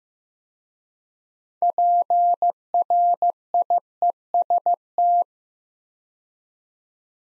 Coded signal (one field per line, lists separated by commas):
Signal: Morse code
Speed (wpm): 15 wpm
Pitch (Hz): 700 Hz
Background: none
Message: PRIEST